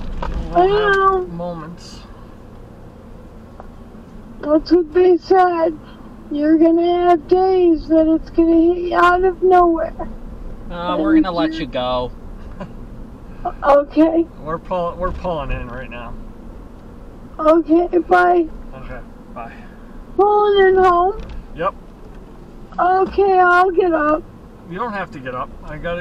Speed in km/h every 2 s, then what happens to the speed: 21, 26, 29, 31, 32, 31, 31, 32, 34, 32, 29, 24, 18.
0-7 speeds up to 32. 7-19 steady at about 32. 19-23 brakes to 18.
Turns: 19-26.